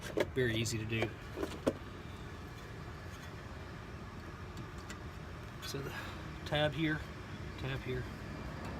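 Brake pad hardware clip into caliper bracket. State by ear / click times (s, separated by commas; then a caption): not seated / none. A metal brake pad hardware clip is being handled with its tab lined up to the small snaps on the caliper bracket during a front brake pad replacement on a 2006 Chevrolet Colorado Crew Cab 5-cylinder. Someone talks over light handling noises and a steady low background hum. Nothing has seated or clicked yet.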